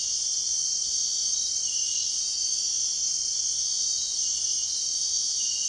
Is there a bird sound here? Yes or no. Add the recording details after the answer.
no. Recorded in dense forest near Puerto Asís, Putumayo, Colombia, on 9 March 2025 at 04:00. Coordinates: 0.499, -76.324. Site GP03